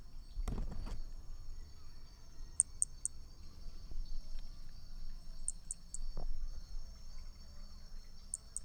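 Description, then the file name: Brachycephalus hermogenesi uttering high, sharp notes in runs of three, two runs plus a partial one, with a steady insect drone, a few low thumps and background rumble. Picinguaba, Brazil, 13 December 2017, at 5 to 20 cm from the animal; individual 4, example 3. "B hermogenesi Picinguaba ind 4 ex 3 tudo 5-20 cm distancia 13 dez 2017 MRB"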